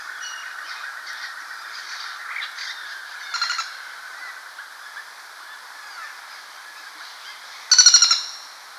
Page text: Common Flameback Calls. Quick Sounds